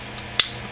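The safety lever on the frame of a WE 1911 Tactical replica pistol is pushed on, making a single sharp, bright click at 0.4 s over a faint steady background hiss. The safety is fully engaged, and the trigger can no longer move.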